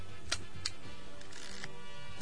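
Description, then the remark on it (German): A camera shutter clicks several times at irregular intervals, each a short, crisp, bright snap over a quiet background hum, with no one speaking. “Mit Alpha macht das Klicken Spaß.”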